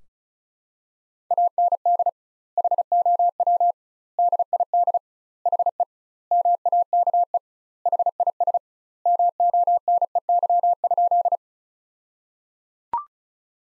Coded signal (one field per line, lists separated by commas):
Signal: Morse code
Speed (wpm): 34 wpm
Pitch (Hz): 700 Hz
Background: none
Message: AND HOW DID HE MAKE HIS MONEY?